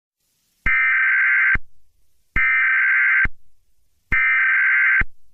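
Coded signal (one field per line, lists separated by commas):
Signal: Emergency Alert System (SAME) tones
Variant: header bursts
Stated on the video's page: Fictional EAS scenario, a made-up alert about SCP 096.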